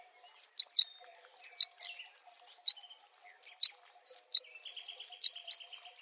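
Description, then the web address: Bird calls: short high chirps in clusters of two or three notes, repeated roughly once a second. "Deverinetal"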